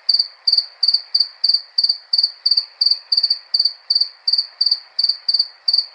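Cricket giving a regular series of high pulsed chirps, close to three each second, unbroken for the whole stretch.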